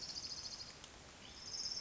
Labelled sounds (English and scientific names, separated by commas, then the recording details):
Orange-crowned Warbler (Leiothlypis celata)
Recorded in Sonoma County, California